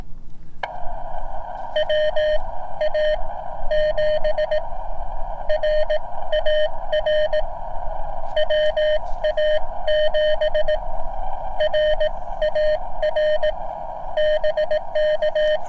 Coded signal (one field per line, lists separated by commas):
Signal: Morse code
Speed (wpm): 18 wpm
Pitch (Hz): 610 Hz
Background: none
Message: WA7RAR WA7RAR BK